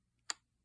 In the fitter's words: you can hear the little click listen